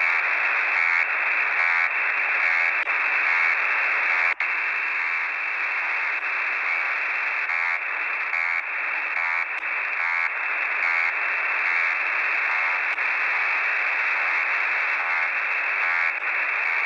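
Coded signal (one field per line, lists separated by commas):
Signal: unidentified radio signal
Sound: steady harsh wideband hiss through a shortwave receiver, with one brief break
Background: radio static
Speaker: you can see in my video here some of the frequencies I start my video with the actual catch on my xh data d808 and then for a change I'm showing some catches on the web SDR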